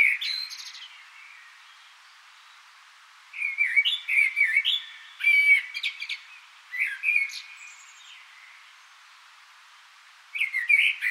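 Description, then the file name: Common blackbird delivering several warbled verses of clear whistles tipped with rapid high squeaks, pausing between each. "Turdus merula"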